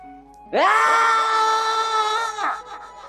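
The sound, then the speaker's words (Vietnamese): A man, his face raised to the sky, lets out a single loud, anguished roar of grief that bursts in suddenly, swells upward in pitch, then holds a long strained tone for about two seconds before breaking off into faint, ragged breaths. “Tô Dật ngửa mặt lên trời rống to, tiếng kêu bi thương khiến người nghe mà xót cả ruột gan”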